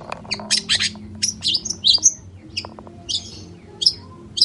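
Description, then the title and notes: Long-tailed shrike singing a rapid jumble of scratchy chirps and clear piercing whistled notes, with brief pauses between bursts; faint low hum underneath. Long-tailed shrike in morning song with 'toet toet' sound variations; used as a lure to prompt silent, stalled or stressed shrikes to answer within three seconds. "Cendet Gacor Dor Di Kala Pagi Toet Toet Variasi Suara. PANCINGAN CENDET MALAS BUNYI CENDET MACET CENDET STRESS CUKUP 3 DETIK BAKALAN NYAUT BUNYI. Burung cendet"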